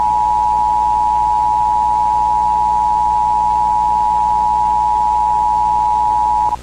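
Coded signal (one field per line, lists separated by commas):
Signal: Emergency Alert System (SAME) tones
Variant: 853 and 960 Hz attention tone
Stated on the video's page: A fictional EAS scenario, not a real alert.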